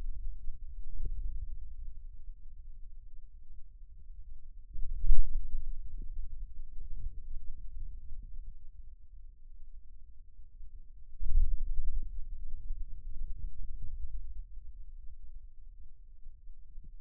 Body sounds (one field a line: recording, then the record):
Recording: forearm muscle sounds (acoustic myography)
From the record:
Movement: hand closing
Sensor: system 2, bracelet of six BSWA MPA416 microphones around the upper forearm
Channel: 1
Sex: male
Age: 22 years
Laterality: right